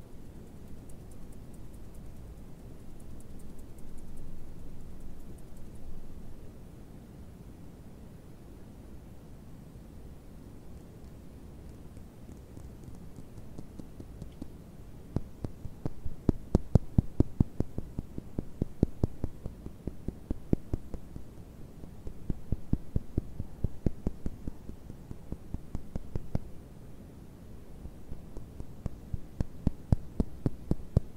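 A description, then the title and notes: A candle being lit, starting with a low, steady hum and little else for the first fifteen seconds. After that, sharp crackles and clicks arrive in dense bursts, clustered around 15–21 and 23–26 seconds and again near the end. ASMR CANDLE HEALING, ASMR CANDLE LIGHTING. ASMR NO TALKING.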